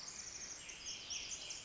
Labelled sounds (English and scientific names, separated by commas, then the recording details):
Pacific Wren (Troglodytes pacificus)
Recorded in Sonoma County, California